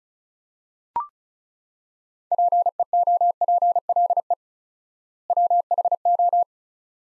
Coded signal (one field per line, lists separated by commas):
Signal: Morse code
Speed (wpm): 36 wpm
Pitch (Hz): 700 Hz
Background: none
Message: PEOPLE WHO